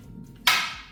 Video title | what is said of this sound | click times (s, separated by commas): 2025 KIA K4 LXS 2.0L - Positive Crankcase Ventilation (PCV) Valve | There you go. And it just locked in. | 0.5 s